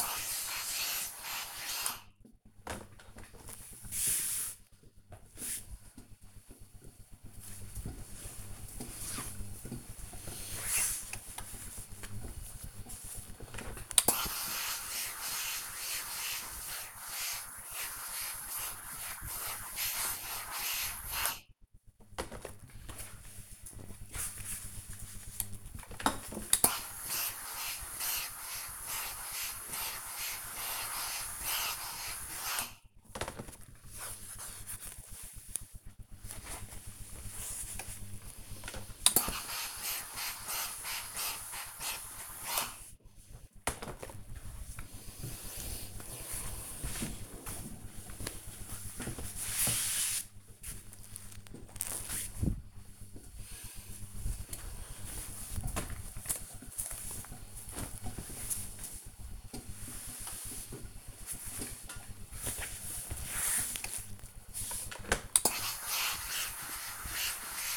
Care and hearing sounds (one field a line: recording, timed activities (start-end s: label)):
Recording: household activities, microphone on the right wrist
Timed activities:
0.00-2.66 s: ironing laundry
10.70-48.88 s: ironing laundry
63.94-67.76 s: ironing laundry